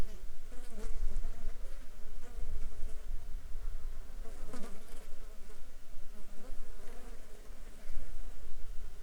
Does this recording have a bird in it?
no